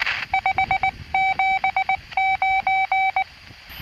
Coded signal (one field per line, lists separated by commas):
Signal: Morse code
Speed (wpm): 19 wpm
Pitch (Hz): 770 Hz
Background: none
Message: 579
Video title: '2B2C': Dual-band 2 channel QRP CW rig /Part 8 Case assembly & field test